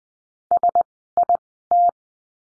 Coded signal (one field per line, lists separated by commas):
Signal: Morse code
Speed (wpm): 20 wpm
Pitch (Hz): 700 Hz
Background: none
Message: SIT